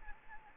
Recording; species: mosquito wingbeat signal from an infrared sensor; Anopheles gambiae